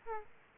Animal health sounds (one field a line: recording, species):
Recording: mosquito wingbeat signal from an infrared sensor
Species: Aedes aegypti